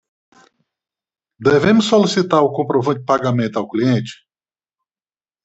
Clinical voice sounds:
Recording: short text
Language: Brazilian Portuguese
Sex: male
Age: 50 to 59 years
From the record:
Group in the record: control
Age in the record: 55 years

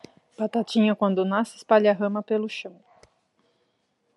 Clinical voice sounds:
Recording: short text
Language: Brazilian Portuguese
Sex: female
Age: 30 to 39 years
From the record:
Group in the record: control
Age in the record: 38 years

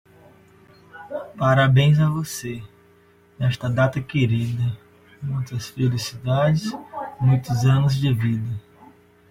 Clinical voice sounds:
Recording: short text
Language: Brazilian Portuguese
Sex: male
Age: 20 to 29 years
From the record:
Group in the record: control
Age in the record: 23 years

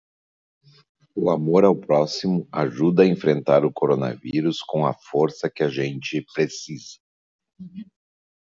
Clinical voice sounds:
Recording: spoken sentence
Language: Brazilian Portuguese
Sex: male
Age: 60 to 69 years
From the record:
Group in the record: control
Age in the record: 63 years

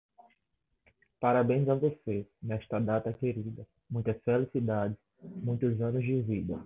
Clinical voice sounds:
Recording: short text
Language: Brazilian Portuguese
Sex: male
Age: 20 to 29 years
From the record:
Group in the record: control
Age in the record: 26 years

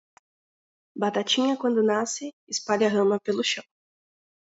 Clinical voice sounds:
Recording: short text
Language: Brazilian Portuguese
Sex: female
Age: 18 to 19 years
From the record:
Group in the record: control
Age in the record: 19 years

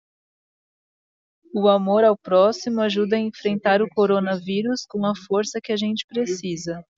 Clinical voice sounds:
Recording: spoken sentence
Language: Brazilian Portuguese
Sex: female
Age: 20 to 29 years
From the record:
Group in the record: control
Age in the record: 28 years

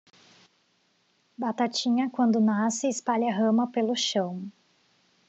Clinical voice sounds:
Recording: short text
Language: Brazilian Portuguese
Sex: female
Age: 20 to 29 years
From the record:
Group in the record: control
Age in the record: 25 years

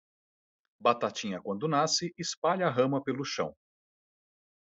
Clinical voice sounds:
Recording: short text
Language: Brazilian Portuguese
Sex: male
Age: 40 to 49 years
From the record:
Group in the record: control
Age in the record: 47 years

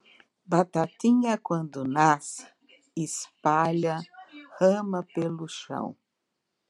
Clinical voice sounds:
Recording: short text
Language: Brazilian Portuguese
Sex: female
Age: 60 to 69 years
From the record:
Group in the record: control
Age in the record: 62 years

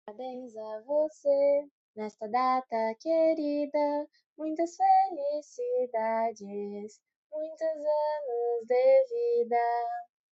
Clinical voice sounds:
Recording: short text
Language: Brazilian Portuguese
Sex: female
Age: 20 to 29 years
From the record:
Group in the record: control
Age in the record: 22 years

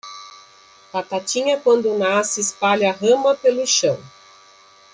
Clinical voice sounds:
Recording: short text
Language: Brazilian Portuguese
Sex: female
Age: 50 to 59 years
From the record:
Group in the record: control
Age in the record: 53 years

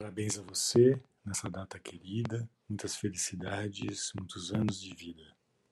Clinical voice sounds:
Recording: short text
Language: Brazilian Portuguese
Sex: male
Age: 60 to 69 years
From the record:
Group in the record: control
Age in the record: 60 years

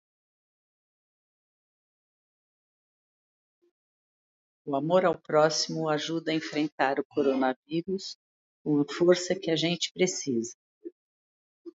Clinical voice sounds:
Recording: spoken sentence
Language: Brazilian Portuguese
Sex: female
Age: 60 to 69 years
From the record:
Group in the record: control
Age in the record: 62 years

